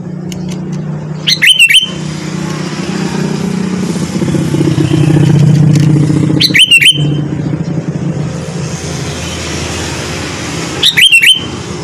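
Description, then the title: Sooty-headed bulbul giving three brief whistled phrases of quick slurred notes, spaced several seconds apart, over a rumbling low engine or traffic drone. "Kutilang"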